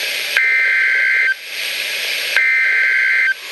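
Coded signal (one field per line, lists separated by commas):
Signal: Emergency Alert System (SAME) tones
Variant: header bursts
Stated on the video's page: Severe thunderstorm warning alert tones from the NOAA Weather Radio station at Madison, Wisconsin.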